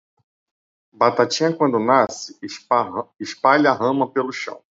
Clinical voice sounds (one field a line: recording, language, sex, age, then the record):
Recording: short text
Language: Brazilian Portuguese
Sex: male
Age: 40 to 49 years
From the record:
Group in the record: control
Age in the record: 40 years